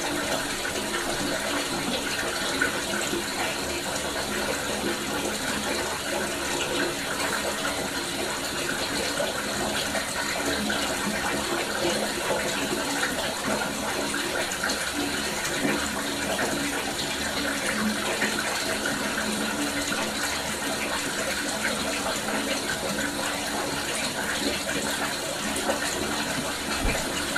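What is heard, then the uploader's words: Bath water runs in a steady, dense rush that barely changes over the whole stretch. The sound is full and hissing, bright in the upper range with a low rumble underneath, and no separate splashes or pauses stand out. Bath water recorded at Dorchminster Manor, Ditmas Park, Brooklyn, Spring 2009, by Dan Bodah.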